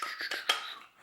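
A small pin is pushed back into its place in the fire control group of a Sig Sauer P320 pistol during reassembly. Soft scraping and handling sounds lead up to a sharp click at 0.5 s as the pin seats.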